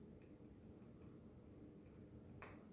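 With the slide button pressed in slightly, the screws holding the stock mouthpiece on a chromatic harmonica body are turned until they click free so the mouthpiece can be lifted off. Over a steady low background hum with a few faint ticks, a short, sharp click sounds at 2.4 s, and the mouthpiece screws are released.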